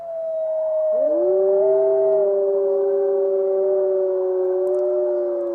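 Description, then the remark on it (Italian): Wolves howling in Piedmont, Italy: two long, steady, mid-pitched howls overlap, a second one joining with a quick rising start and holding alongside the first throughout. No one speaks. “Ululati in Piemonte? Ci direte, che cosa c'entra il lupo con il Piemonte?”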